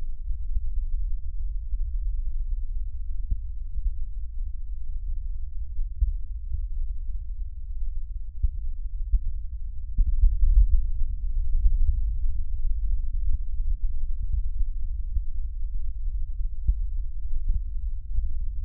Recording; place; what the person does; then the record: lung sounds by stethoscope; left posterior basal chest; quiet breathing, then deep breathing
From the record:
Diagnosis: COPD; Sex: male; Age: 60 years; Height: 171 cm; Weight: 59.4 kg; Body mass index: 20.3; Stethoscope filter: bell mode